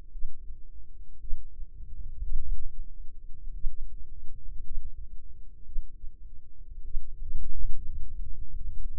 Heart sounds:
heart sounds by microphone in the left ear; 53 bpm
0.11 s: heartbeat
1.20 s: heartbeat
2.39 s: heartbeat
3.53 s: heartbeat
4.63 s: heartbeat
5.64 s: heartbeat
6.83 s: heartbeat
8.06 s: heartbeat
From the record:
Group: healthy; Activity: rest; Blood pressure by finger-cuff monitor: 98/59 mmHg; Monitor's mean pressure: 71 mmHg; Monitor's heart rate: 52 bpm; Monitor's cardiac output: 4.6 L/min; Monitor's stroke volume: 87 mL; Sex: female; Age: 36 years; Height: 163 cm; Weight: 88 kg

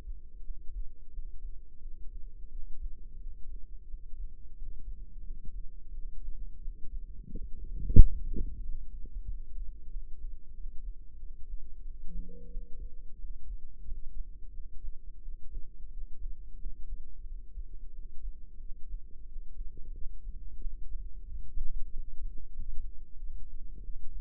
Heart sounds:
heart sounds by microphone in the left ear; 90 bpm
0.42 s: heartbeat
1.10 s: heartbeat
1.79 s: heartbeat
2.48 s: heartbeat
3.18 s: heartbeat
3.86 s: heartbeat
4.53 s: heartbeat
5.22 s: heartbeat
5.90 s: heartbeat
6.59 s: heartbeat
7.27 s: heartbeat
7.94 s: heartbeat
8.60 s: heartbeat
9.24 s: heartbeat
9.87 s: heartbeat
10.51 s: heartbeat
11.16 s: heartbeat
11.82 s: heartbeat
12.48 s: heartbeat
13.16 s: heartbeat
13.83 s: heartbeat
14.51 s: heartbeat
15.19 s: heartbeat
15.88 s: heartbeat
16.57 s: heartbeat
17.24 s: heartbeat
17.90 s: heartbeat
18.56 s: heartbeat
19.23 s: heartbeat
19.91 s: heartbeat
20.58 s: heartbeat
21.23 s: heartbeat
21.87 s: heartbeat
22.51 s: heartbeat
23.16 s: heartbeat
23.82 s: heartbeat
From the record:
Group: healthy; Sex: female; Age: 51 years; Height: 162 cm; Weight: 70.04 kg

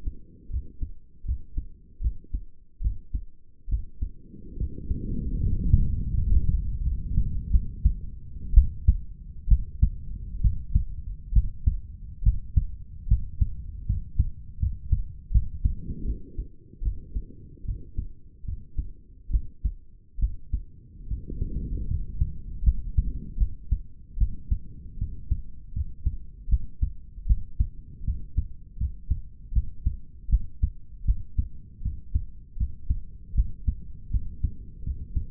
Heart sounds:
heart sounds by stethoscope; 75 bpm
0.50 s: heartbeat
1.25 s: heartbeat
2.01 s: heartbeat
2.81 s: heartbeat
3.68 s: heartbeat
4.57 s: heartbeat
5.39 s: heartbeat
6.14 s: heartbeat
6.82 s: heartbeat
7.51 s: heartbeat
8.54 s: heartbeat
9.48 s: heartbeat
10.41 s: heartbeat
11.33 s: heartbeat
12.23 s: heartbeat
13.07 s: heartbeat
13.86 s: heartbeat
14.59 s: heartbeat
15.31 s: heartbeat
16.04 s: heartbeat
16.82 s: heartbeat
17.65 s: heartbeat
18.45 s: heartbeat
19.30 s: heartbeat
20.19 s: heartbeat
21.07 s: heartbeat
21.87 s: heartbeat
22.63 s: heartbeat
23.37 s: heartbeat
24.17 s: heartbeat
24.98 s: heartbeat
25.73 s: heartbeat
26.48 s: heartbeat
27.26 s: heartbeat
28.04 s: heartbeat
28.77 s: heartbeat
29.52 s: heartbeat
30.29 s: heartbeat
31.05 s: heartbeat
31.82 s: heartbeat
32.57 s: heartbeat
33.34 s: heartbeat
34.10 s: heartbeat
34.83 s: heartbeat
From the record:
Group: healthy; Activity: rest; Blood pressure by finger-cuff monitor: 108/87 mmHg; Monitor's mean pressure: 94 mmHg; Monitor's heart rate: 76 bpm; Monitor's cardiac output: 5.4 L/min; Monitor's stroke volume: 70 mL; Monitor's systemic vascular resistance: 1300 dyn s/cm5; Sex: male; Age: 21 years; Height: 170 cm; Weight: 71 kg

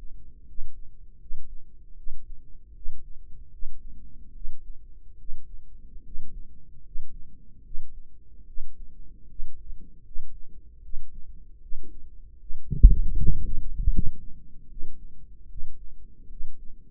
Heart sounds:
heart sounds by microphone in the right ear; 76 bpm
0.45 s: heartbeat
1.19 s: heartbeat
1.96 s: heartbeat
2.74 s: heartbeat
3.50 s: heartbeat
4.33 s: heartbeat
5.17 s: heartbeat
6.03 s: heartbeat
6.82 s: heartbeat
7.63 s: heartbeat
8.46 s: heartbeat
9.27 s: heartbeat
10.03 s: heartbeat
10.81 s: heartbeat
11.60 s: heartbeat
12.38 s: heartbeat
13.16 s: heartbeat
13.90 s: heartbeat
14.68 s: heartbeat
15.48 s: heartbeat
16.28 s: heartbeat
From the record:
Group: healthy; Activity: rest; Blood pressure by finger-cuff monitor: 97/64 mmHg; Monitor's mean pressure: 72 mmHg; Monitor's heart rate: 77 bpm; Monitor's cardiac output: 5.7 L/min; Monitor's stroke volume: 75 mL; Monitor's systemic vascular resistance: 910 dyn s/cm5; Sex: female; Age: 22 years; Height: 163 cm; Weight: 67.1 kg

